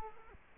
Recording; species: mosquito wingbeat signal from an infrared sensor; Culex quinquefasciatus